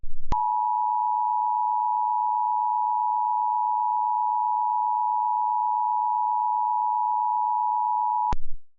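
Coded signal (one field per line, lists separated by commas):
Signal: Emergency Alert System (SAME) tones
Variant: 853 and 960 Hz attention tone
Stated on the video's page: Recreated local area emergency EAS alert on a cable system, with valid SAME tones.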